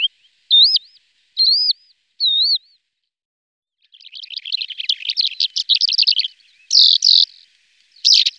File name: lesser short toed lark